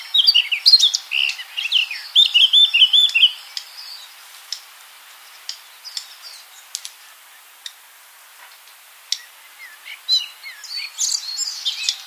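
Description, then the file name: Eurasian blackcap: songbird singing a brief rapid warble with a few clear whistled notes, then mostly quiet with scattered faint chirps and a short final burst. "Sylvia atricapilla"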